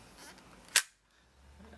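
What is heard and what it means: The spring-loaded magazine of a Beretta PX4 Storm CO2 airgun pistol is released and springs out of the pistol grip. There is a faint click at 0.7 s and then a sharp, loud snap at 0.8 s, followed by near silence. The magazine pops out on release.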